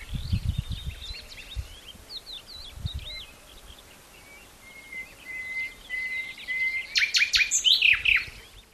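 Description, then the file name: Common nightingale song: varied whistled phrases, then a run of lower repeated notes ending in a loud burst of rapid notes near the close; low thumps early on. "Luscinia megarhynchos"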